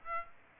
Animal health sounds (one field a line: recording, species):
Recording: mosquito wingbeat signal from an infrared sensor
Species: Aedes aegypti